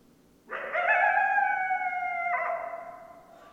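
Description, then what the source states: Coyote howl, a sustained harmonic wail held steady for about two seconds before breaking slightly lower and fading out. Several coyotes, recorded 10 December 2012.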